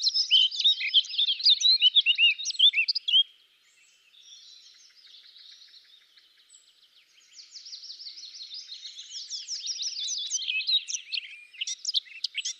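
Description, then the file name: Eurasian blackcap song alternating a loud rapid warble with a long stretch of subdued scratchy chatter, then rising again to bright, varied notes. "Sylvia atricapilla"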